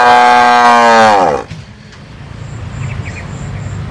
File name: Tieng bo rong